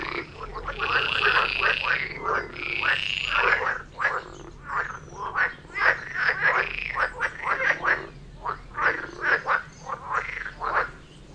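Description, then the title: Frog chorus: two long rasping croaks open, then many short, quick croaks tumble over one another from several frogs. Frog chorus near Vellerner Brook in Neubeckum, recorded at 2pm; binaural recording, best with headphones. "Frog concert near Vellerner Brook in Neubeckum - 2pm - binaural version"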